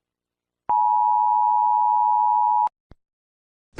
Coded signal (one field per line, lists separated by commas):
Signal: Emergency Alert System (SAME) tones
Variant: 853 and 960 Hz attention tone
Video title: If the emergency alert system made an overused brain rot ￼alert